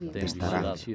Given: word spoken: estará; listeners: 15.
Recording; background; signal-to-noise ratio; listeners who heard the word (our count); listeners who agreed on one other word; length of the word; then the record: one Spanish word in noise, from a listening test; four-talker babble; -1.4 dB; 0 of 15; 6 of 15; 0.55 s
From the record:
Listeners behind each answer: 6, 1, 1, 1, 1, 1, 1, 1, 1, 1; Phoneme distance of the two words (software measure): 14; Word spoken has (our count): 3 syllables, 6 phonemes, stress on syllable 3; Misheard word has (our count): 2 syllables, 6 phonemes, stress on syllable 2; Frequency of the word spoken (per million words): 64.31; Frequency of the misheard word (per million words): 0.20